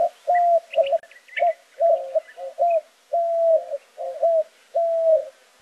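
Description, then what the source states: White-winged dove cooing, a series of hollow notes, several long drawn-out coos among shorter ones. Male cooing from atop a saguaro cactus in the morning, southern Arizona, Sonoran Desert.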